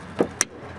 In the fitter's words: you hear that snap